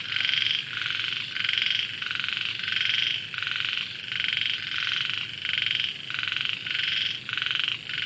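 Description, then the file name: Frogs calling: harsh, buzzy croaks repeated steadily in a continuous chorus. Recorded in Vietnam. "frogs very distant faint dog vietnam"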